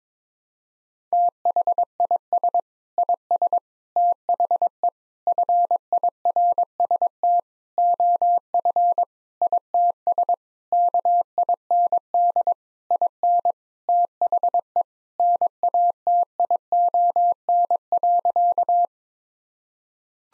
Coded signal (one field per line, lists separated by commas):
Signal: Morse code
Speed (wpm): 22 wpm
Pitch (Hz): 700 Hz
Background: none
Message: THIS IS THE FIRST OF ITS KIND IN THE NATION.